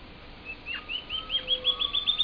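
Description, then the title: Band-tailed Antbird song: an accelerating series of short upslurred whistled notes, rising slightly in pitch and growing louder. "LuckyPassaro Completos2Sama. Band-tailed Antbird (Hypocnemoides maculicauda)"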